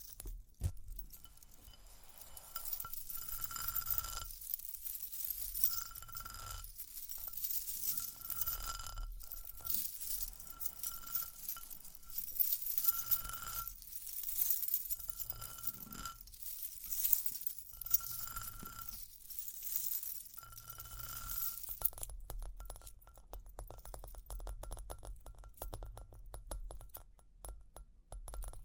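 Close, crisp tapping and scratching crackles steadily through most of the recording, with bright metallic jingles and clinks chiming every two or three seconds. After about 22 seconds the jingling stops, leaving softer, sparser ticks and rustling until the end.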